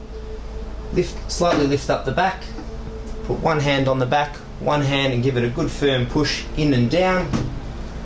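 The plastic bowl of a Carpigiani slush machine is handled, lifted slightly at the back and lined up to be pushed firmly in and down onto the two prongs of the machine body. Someone talks over a steady low hum, with some soft handling sounds. The bowl has not yet seated or clicked into place.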